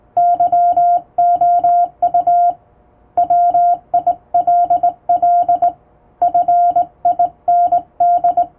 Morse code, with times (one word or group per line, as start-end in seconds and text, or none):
0.2-2.5 YOU
3.2-5.7 WILL
6.2-8.4 FIND